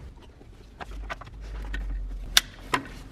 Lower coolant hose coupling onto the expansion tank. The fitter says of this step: go and click that back in make sure it's in there properly